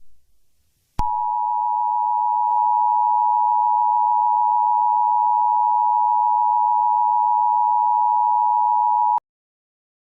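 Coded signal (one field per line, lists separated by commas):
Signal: Emergency Alert System (SAME) tones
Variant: 853 and 960 Hz attention tone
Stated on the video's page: Fictional EAS scenario, not a real alert.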